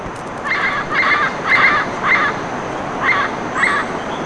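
Bird calling with six harsh, nasal honks spaced roughly half a second apart, with a brief pause midway, against a steady hissing background.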